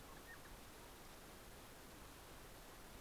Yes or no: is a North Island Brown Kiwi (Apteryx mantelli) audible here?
no